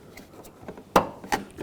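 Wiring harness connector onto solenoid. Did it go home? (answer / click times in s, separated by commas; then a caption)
yes / 1.0 s. A plastic wiring harness connector is pushed onto the 4WD disengage solenoid of a 1997–2003 Ford F-150. Faint handling ticks lead up to a sharp, bright click at 1.0 s as the connector seats, followed by a softer tick at 1.3 s. The connector is confirmed clicked in and seated.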